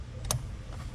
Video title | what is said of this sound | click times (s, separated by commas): J&L Oil Separator Co. 2020-2026 Chevy/GMC 2500 6.6L Gas Install 3089D | and you'll hear that snap into. | 0.3 s